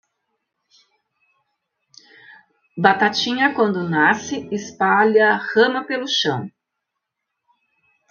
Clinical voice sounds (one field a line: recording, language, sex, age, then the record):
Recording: short text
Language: Brazilian Portuguese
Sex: female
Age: 50 to 59 years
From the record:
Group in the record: control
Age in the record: 59 years